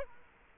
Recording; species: mosquito wingbeat signal from an infrared sensor; Culex quinquefasciatus